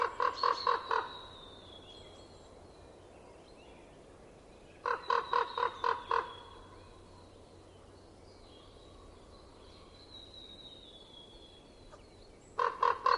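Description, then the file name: Common raven giving three bouts of rapid, knocking croaks, four to six in quick succession each time, separated by several seconds of quiet with faint high bird whistles. Winter. "ronk"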